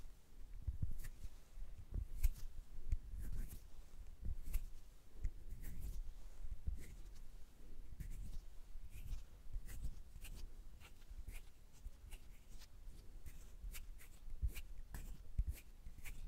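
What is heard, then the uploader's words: Hands rub, tap and shuffle in a busy, uneven stream of small sounds. Soft low thumps mix with quick, crisp scratches and clicks that come every half second or so, with no steady rhythm. A faint hiss sits underneath throughout. ASMR The BEST Hand Sounds.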